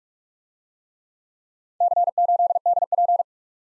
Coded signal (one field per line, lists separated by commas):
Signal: Morse code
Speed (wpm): 38 wpm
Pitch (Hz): 700 Hz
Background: none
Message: C8DP